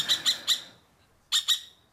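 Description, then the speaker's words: Common kestrel calls: sharp, harsh high notes, three in quick succession, a short pause, then two more. Played back as an example of its call. "Daniel, so klingt ein Turmfalke."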